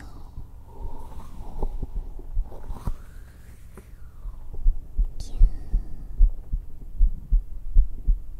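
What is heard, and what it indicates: Soft whispering, then steady low heart thumps at about 79 beats a minute, a normal adult heartbeat heard close up through a binaural dummy-head microphone (3Dio), pounding from an embrace right after meeting.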